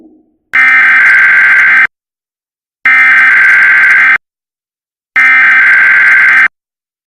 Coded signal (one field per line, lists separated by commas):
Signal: Emergency Alert System (SAME) tones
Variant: header bursts